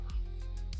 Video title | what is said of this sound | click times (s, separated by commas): Nemesis Reviews Transformers Age of the Primes Onyx Prime | you pivot this whole thing around like this until there's a click point right there. You'll click that into place | 0.7 s